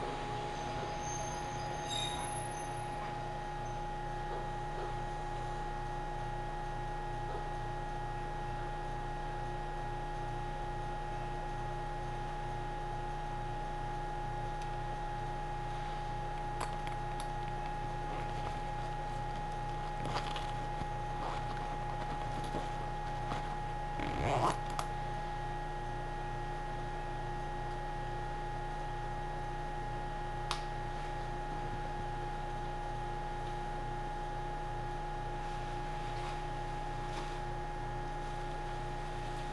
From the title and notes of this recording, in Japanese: 耳で楽しむ鉄道旅 水口・蒲生野線 八日市→貴生川。近江鉄道の南部を走る路線、水口を通りながら貴生川へと抜けていきます。